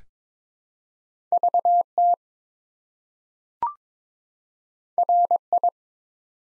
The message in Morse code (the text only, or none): VT RI